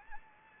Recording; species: mosquito wingbeat signal from an infrared sensor; Anopheles gambiae